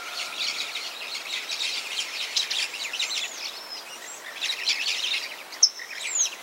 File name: canto da tiriba de testa vermelha